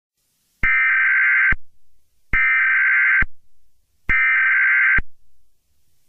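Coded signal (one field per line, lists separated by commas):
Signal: Emergency Alert System (SAME) tones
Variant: header bursts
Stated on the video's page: Fictional EAS scenario.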